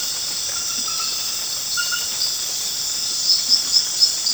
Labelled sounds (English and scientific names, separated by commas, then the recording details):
none
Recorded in dense forest near Puerto Asís, Putumayo, Colombia, on 19 March 2025 at 22:30
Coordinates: 0.481, -76.323
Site G088